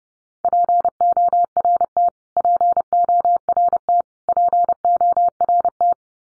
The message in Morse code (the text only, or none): PORT PORT PORT